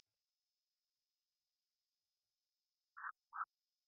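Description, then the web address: Morelet's tree frog calls: two short, harsh croaking notes close together near the end, after a long quiet stretch with a faint steady high hum. "Agalychnis moreletii"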